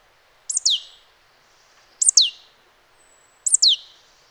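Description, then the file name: Marsh tit calls, three sharp high two-part notes, a quick clipped note then a descending one, spaced about every one and a half seconds over quiet background hiss. "Poecile palustris"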